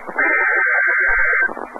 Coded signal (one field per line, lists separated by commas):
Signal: Emergency Alert System (SAME) tones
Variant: header bursts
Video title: Required Weekly Test - WXJ70, Melbourne, FL - EAS #26